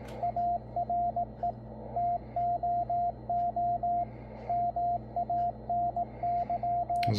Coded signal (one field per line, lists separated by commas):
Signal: Morse code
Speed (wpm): 18 wpm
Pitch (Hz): 700 Hz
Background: radio noise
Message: ARE TOO MANY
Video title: Yaesu FTdx10 Playing around with the CW Morse code decoder